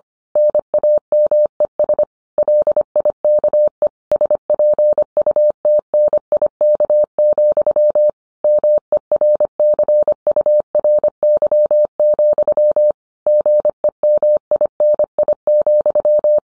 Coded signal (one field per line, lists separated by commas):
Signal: Morse code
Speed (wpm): 25 wpm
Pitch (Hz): 600 Hz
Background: none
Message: NAMES LIKE SPUTNIK, MERCURY, GEMINI,